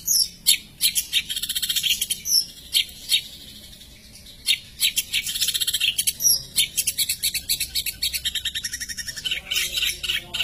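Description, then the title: Long-tailed shrike song: a rapid jumble of harsh, high chattering notes and scratchy phrases, pausing briefly midway before resuming in quick bursts. Champion songbird. "Kicau Burung Cendet Juara"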